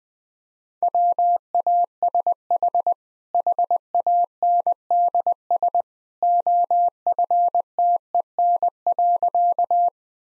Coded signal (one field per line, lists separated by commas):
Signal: Morse code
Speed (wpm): 20 wpm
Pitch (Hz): 700 Hz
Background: none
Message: WASH HANDS OFTEN.